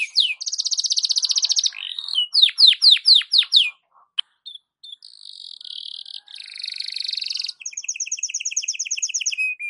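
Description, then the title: Canary singing a fast rolling trill, then sharp falling whistled notes, a brief pause, and more buzzy and ringing trills at varied pitches. Belgian canary singing in the morning, a warm-up song intended for masteran (song tutoring of other birds). "Canto Para Esquentar Canário Belga. SUARA BURUNG KENARI DI PAGI HARI COCOK BUAT MASTERAN"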